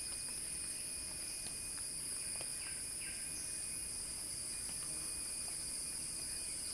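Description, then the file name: Shrill cicada drone sustained throughout, plus a few faint chirps and light ticking in the background. Cicada song described as a crescendo. "Axel-Drioli Cicada-Crescendo-Sounding-Wild"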